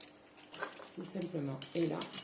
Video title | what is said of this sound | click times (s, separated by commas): Recette Soufflé Crabe Coco dans les Ramequins ultrapro Tupperware | visez le trou et vous venez clipser. | 0.0 s